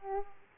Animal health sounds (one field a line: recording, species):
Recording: mosquito wingbeat signal from an infrared sensor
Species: Aedes aegypti